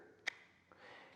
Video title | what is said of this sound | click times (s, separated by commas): Kydex Sheath Talk (Knife Maker's Friday Five #67) | and it clicks in there, and then it won't fall out. | 0.3 s